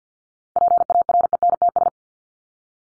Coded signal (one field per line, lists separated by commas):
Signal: Morse code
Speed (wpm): 50 wpm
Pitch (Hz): 700 Hz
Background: none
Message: PARENTS